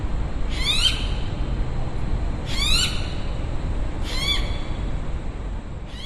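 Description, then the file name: Bird uttering harsh, harmonic rising calls in short bursts every couple of seconds, backed by a steady low background drone. Recorded outdoors in the evening at a university recreation area in Brisbane. "zapsplat public places uni recreation area ext quite few people birds eve brisbane"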